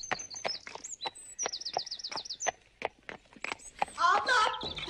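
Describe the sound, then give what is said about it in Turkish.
A restless, fidgeting horse, held while a person is helped up onto it, has hooves clop in a steady, uneven series of sharp knocks while birds chirp and trill high above, ending with a brief louder burst of harmonic, voice-like sound. “Abi ben atı tutuyorum, sen merak etme.”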